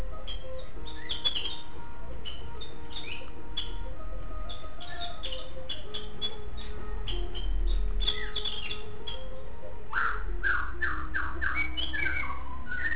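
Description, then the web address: White-rumped shama singing scattered whistles and short chirps, ending in a rapid burst of bright, tumbling notes, with a constant low rumble behind. Song described as including meow-like sounds. "shanlung 9 shamasong"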